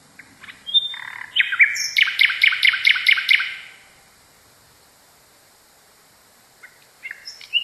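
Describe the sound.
Nightingale song: a few thin high notes, then a burst of rapid repeated chopped notes lasting about two seconds, a long pause, and short chirps returning near the end.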